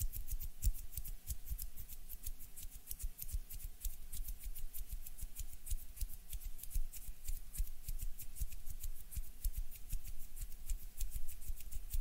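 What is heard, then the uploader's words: Hand sounds and movements make a dense, steady stream of quick crisp snips and clicks over a faint constant tone throughout. HAND SOUNDS AND MOVEMENTS ASMR. NO TALKING.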